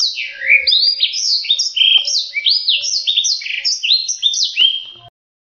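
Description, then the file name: Black-throated seedeater song, a dense, lively stream of high sliding whistles and chirps delivered without pause before stopping suddenly near the end. Song used for training canaries to learn its song. "audio kicauan blacksang untuk masteran kenari omkicau"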